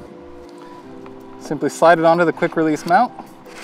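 A Hovermap LiDAR scanner unit is being slid onto the quick-release plate of a vehicle roof mount while someone talks over a steady background tone and music. Nothing has seated or clicked yet by the end of the clip.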